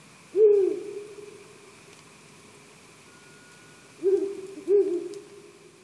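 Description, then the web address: Ural owl hooting: a low, hollow hoot, then after a pause two more similar hoots in quick succession, over a steady faint hiss. Recorded at Tsubetsu on 6 July 2017. "koe fukuro 170706 tsubetsu hanada"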